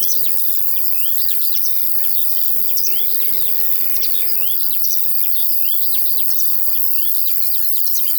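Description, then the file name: Cricket: a continuous high insect drone runs under repeated slurred whistles of larks, with a quiet low hum in the background. In a field, with larks also heard. "Sounds from a Field Larks and Crickets"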